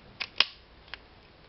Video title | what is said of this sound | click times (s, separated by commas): Umbrella handle shooter weapon | there's the click okay now our weapon | 0.4 s